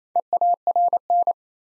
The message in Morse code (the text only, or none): EARN